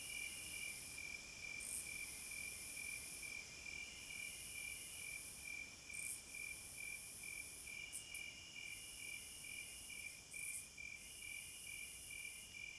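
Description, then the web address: Cricket: night insect chorus of crickets: even high chirps about twice a second, a sustained shrill trill with gaps, and a few brief louder clicks. Crickets at midnight. "Sleep Sounds of Nature CRICKETS Midnight Serenade"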